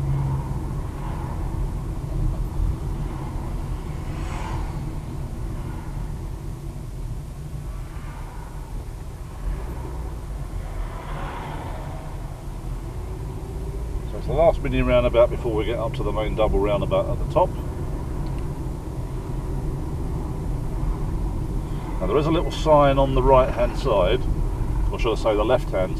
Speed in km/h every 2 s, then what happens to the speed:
23, 21, 15, 13, 15, 19, 21, 26, 29, 31, 31, 29, 29.
0-6 slows to 13. 6-17 speeds up to 31. 17-26 steady at about 29.